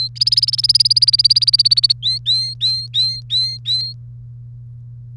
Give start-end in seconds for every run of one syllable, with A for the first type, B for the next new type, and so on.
0.00-0.08 A, 0.16-1.92 B, 2.03-3.93 A